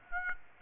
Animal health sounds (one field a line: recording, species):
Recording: mosquito wingbeat signal from an infrared sensor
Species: Aedes aegypti